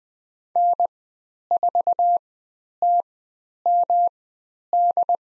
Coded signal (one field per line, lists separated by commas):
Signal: Morse code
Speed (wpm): 20 wpm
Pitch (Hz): 700 Hz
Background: none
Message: N4TMD